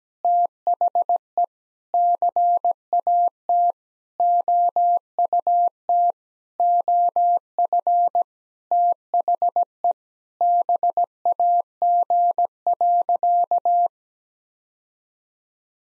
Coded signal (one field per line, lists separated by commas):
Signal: Morse code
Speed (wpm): 17 wpm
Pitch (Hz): 700 Hz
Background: none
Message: THE CAT OUT OF THE BAG.